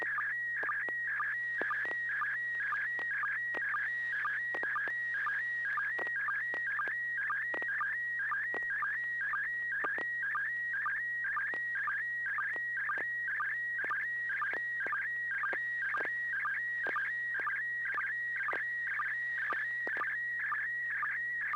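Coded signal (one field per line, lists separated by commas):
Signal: SSTV (slow-scan television)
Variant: PD120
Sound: continuous warbling tone with a short low chirp about twice a second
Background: steady low hum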